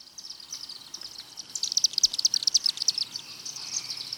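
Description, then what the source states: Chimney Swift twittering call, a rapid run of high, dry chips near one pitch from about 1.5 seconds on, after fainter chips at the start. Call given in flight: continuous series of chips and twitters, non-musical and varying little in pitch; species nests and roosts in chimneys around human habitations.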